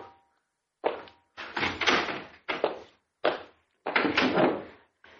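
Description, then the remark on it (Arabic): A door being opened: a run of six loud, uneven clunks and rattles, some sharp and short, others longer and scraping, with brief silences between them and no voices. “افتح الباب.”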